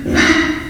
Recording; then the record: squeal of a Yucatan mini pig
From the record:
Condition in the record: after surgery on the right vocal fold (resection and tissue-engineered implant); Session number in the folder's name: 1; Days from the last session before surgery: 13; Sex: female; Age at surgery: 19 weeks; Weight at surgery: 25 kg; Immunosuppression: prednisolone